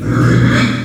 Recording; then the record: squeal of a Yucatan mini pig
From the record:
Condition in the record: after surgery on the right vocal fold (resection and tissue-engineered implant); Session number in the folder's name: 9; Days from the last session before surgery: 65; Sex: female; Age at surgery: 19 weeks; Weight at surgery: 25 kg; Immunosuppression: prednisolone